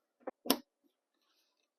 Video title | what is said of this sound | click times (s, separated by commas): Mollebaule: apertura automatica baule Tiguan II | Stellen Sie sicher, dass der Kolben richtig eingerastet ist. | 0.5 s